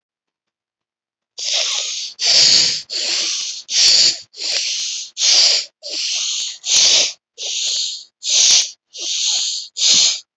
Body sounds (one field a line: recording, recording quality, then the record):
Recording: shallow breathing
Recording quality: excellent, no background noise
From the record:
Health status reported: COVID-19 positive, mild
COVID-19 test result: positive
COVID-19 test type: RT-PCR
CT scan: not taken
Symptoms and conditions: fever, diarrhoea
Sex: male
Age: 33 years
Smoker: no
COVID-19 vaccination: one dose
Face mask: worn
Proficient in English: yes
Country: India